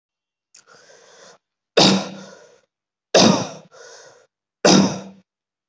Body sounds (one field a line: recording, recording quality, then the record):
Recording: heavy voluntary cough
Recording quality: excellent, no background noise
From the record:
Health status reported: healthy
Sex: male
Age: 34 years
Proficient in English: yes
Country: India